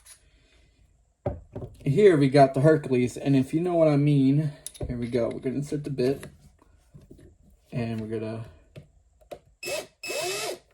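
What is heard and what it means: A hex drill bit is being handled for insertion into the quick-release chuck of a Hercules cordless drill while someone talks, with a few faint knocks and rubs. The clip ends before the bit goes home, and nothing has seated or clicked yet.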